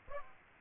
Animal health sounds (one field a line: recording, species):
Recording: mosquito wingbeat signal from an infrared sensor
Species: Aedes aegypti